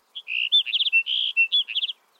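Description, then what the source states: Sagebrush Sparrow singing one short, jumbled phrase of high buzzy notes with brief rapid trills, with nothing else heard. Male singing from atop a big sagebrush.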